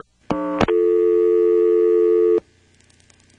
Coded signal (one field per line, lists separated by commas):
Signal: telephone call progress tone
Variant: North America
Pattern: dial tone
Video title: Carolina Telephone Part 4 - NX1-E in Vanceboro NC (March, 1977)